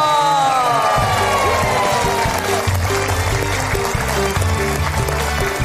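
A studio audience applauds and cheers loudly and continuously to welcome a dangdut singer, a dense wash of clapping and shouts layered over music with a steady, stepping bass line.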